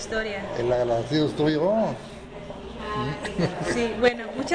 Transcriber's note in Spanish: risas